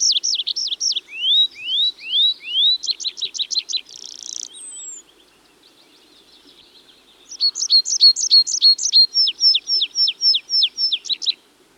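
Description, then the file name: Tree pipit song: fast trills of repeated notes shifting through several sections, including a buzzy stretch and a thin high whistle, then a pause before another trilled phrase. "Tree Pipit (Anthus trivialis)"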